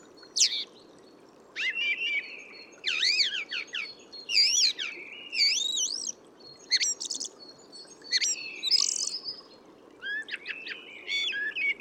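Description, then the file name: Eurasian blackbird singing a long sequence of looping whistles and rapid high twitters in uneven bursts, over a soft background hiss. "Turdus merula"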